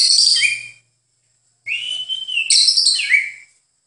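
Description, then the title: White-eye giving two short high twittering phrases with a whistled slur, split by a brief silence. Rolling song style locally called "ngerol ngalas". "Suara Burung Pleci Ngerol Ngalas"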